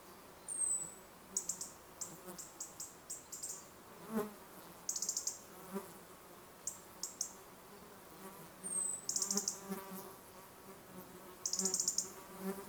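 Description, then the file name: European robin calling, with a few thin high-pitched seeping whistles and short bursts of fast high ticks recurring every few seconds, against a low droning hum. "Erithacus rubecula"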